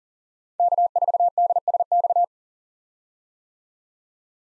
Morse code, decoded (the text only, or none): K4DSX